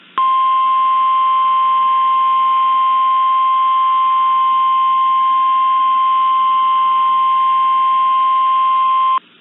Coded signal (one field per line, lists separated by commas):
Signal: Emergency Alert System (SAME) tones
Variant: 1050 Hz attention tone